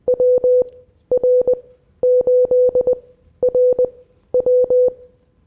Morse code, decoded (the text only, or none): WR8RW